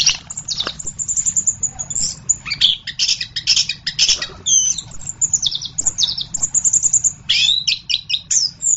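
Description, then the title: Orange-headed thrush song, a dense, rapid run of varied high chirps, trills and sweeping whistled notes with hardly a pause. "anis kembang"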